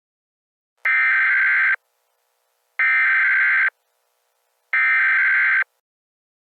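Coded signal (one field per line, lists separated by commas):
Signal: Emergency Alert System (SAME) tones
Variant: header bursts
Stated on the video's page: Fictional EAS scenario.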